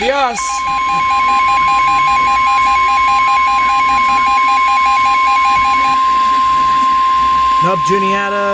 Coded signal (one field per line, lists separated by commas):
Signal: Emergency Alert System (SAME) tones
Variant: 1050 Hz attention tone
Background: speech